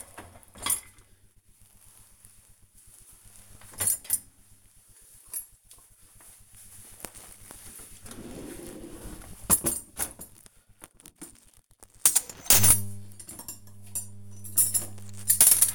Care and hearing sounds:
household activities, microphone on the right wrist
0.00-15.75 s: cleaning out the dishwasher

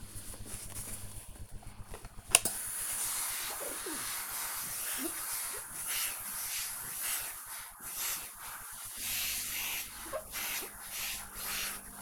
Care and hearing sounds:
household activities, microphone on the right wrist
0.00-12.02 s: ironing laundry

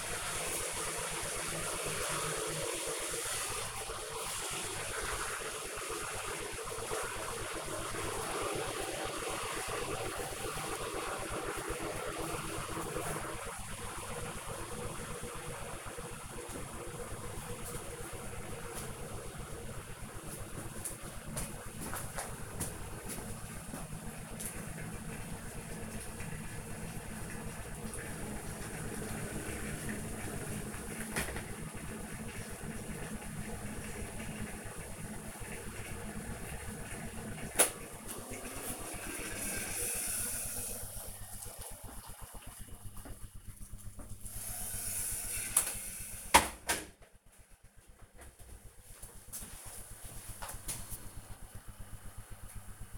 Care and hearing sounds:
household activities, microphone on the right wrist
0.00-48.01 s: making tea

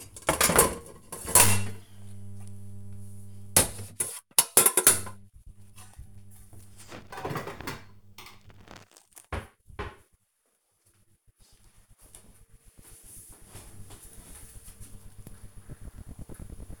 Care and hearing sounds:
household activities, microphone on the right wrist
0.00-11.87 s: putting away the dishes

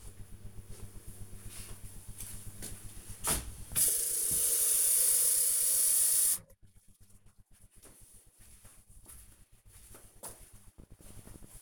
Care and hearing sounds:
household activities, microphone on the right wrist
0.32-11.62 s: watering plant

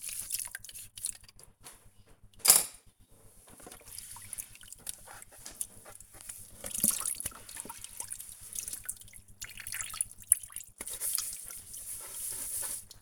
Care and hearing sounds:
household activities, microphone on the right wrist
0.00-13.02 s: washing dishes

